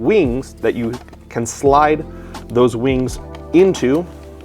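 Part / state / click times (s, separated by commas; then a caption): mock suppressor onto airsoft rifle barrel lugs / not seated / none. A plastic mock suppressor is being handled at the two barrel lugs of an Elite Force MP5 SD6 airsoft rifle, where its wings slide onto the lugs before a 90-degree twist locks it. Someone talks throughout over faint background music. Nothing has seated or clicked yet.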